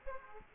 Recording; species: mosquito wingbeat signal from an infrared sensor; Aedes aegypti